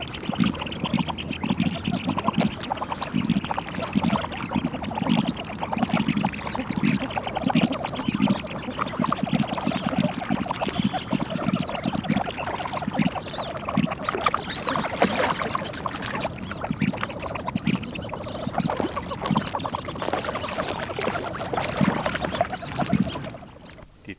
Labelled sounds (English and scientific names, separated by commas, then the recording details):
Mandarin Duck (Aix galericulata) courtship call, Wood Duck (Aix sponsa)
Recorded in captivity
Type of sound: courtship call
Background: Aix sponsa
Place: Zoo Gelsenkirchen, Nordrhein-Westfalen, DE
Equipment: Halbspur, 9,5 cm/s
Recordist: Lütgens, Hans
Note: Balz, Männchen mit tiefen Lauten. Triller von Aix sponsa